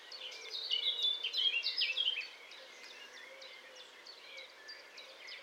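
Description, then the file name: Eurasian wren song, a high jumble of rapid notes and trills for about two seconds, then quieter scattered chips over a soft background hiss. "Troglodytes troglodytes"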